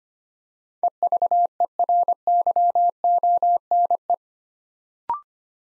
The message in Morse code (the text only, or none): EVERYONE